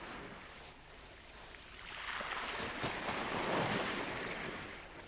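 Small sea waves wash in and break on a shore, a soft steady hiss of surf that swells to a louder rush midway before easing. No voices are heard.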